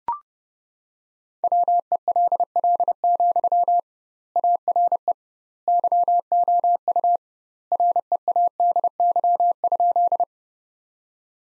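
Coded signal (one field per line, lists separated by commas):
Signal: Morse code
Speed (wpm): 30 wpm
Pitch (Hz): 700 Hz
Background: none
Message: WELL, ARE YOU READY?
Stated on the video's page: Morse practice sentences built from the top 400 words at 30 wpm, with twice the standard word spacing, similar to the Farnsworth method.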